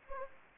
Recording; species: mosquito wingbeat signal from an infrared sensor; Anopheles gambiae